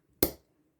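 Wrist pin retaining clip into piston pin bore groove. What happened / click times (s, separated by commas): The metal retaining clip snapped fully into its groove / 0.2 s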